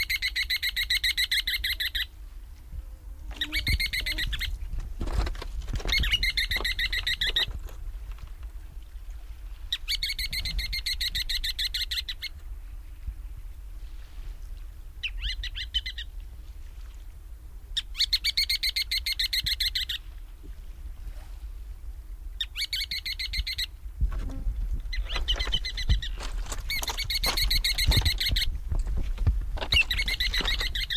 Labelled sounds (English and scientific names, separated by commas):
Ruddy Turnstone (Arenaria interpres) call